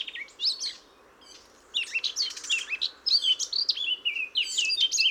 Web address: SETE Sylvia atricapilla